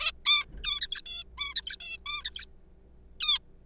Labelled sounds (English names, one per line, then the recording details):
Zebra Finch
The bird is a juvenile
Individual R3428